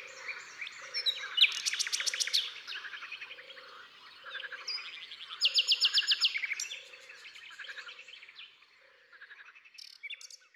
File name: Rossignol philomele Concerts Naturels de la Drome Studio les Trois Becs